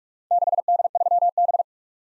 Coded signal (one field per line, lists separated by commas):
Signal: Morse code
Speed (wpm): 51 wpm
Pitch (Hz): 700 Hz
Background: none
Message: 6D3B